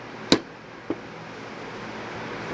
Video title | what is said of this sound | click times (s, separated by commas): How To Make Your Own 1/32, 1/64 and 1/80th ounce DIY Micro Jigs step by step from start to finish! | take and close it up and you want to hear this clicking sound | 0.3 s